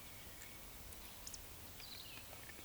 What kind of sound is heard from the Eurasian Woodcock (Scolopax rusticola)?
whistle, croak